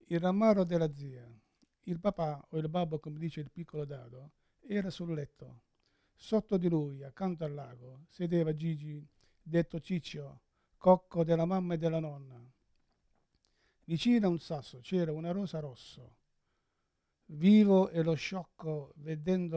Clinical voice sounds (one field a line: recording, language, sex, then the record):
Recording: read passage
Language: Italian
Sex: male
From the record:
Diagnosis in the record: Parkinson's disease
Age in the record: 71 years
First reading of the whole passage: 60 s, 8.7 characters per second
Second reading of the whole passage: 57 s, 9.1 characters per second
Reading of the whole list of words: 54 s, 5.3 characters per second